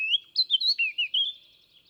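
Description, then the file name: Eurasian blackcap song, a short burst of clear fluting whistles, rising and falling in quick succession, then fading. "Sylvia atricapilla"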